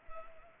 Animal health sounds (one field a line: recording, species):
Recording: mosquito wingbeat signal from an infrared sensor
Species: Culex pipiens